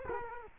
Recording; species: mosquito wingbeat signal from an infrared sensor; Culex quinquefasciatus